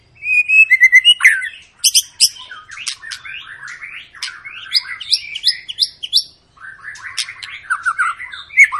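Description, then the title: White-rumped shama song opening with a quick repeated whistled trill, then tumbling chips, slurred notes and dense jumbled phrases, briefly pausing before resuming. Long continuous lure song used to make other shamas sing. "Pancingan Murai Batu Gacor Panjang"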